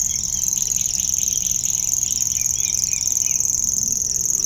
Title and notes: Dans la roselière de la plage de Châtillon au Nord du lac du Bourget, une rare locustelle tachetée